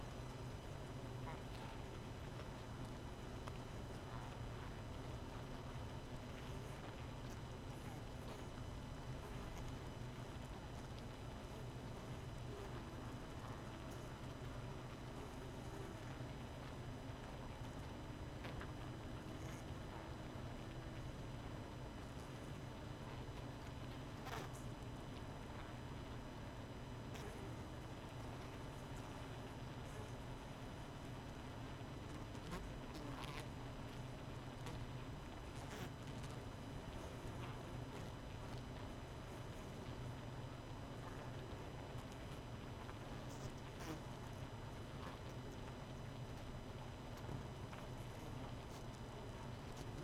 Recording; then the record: honeybee colony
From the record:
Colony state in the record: missing queen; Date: 31 May 2018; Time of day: 0:00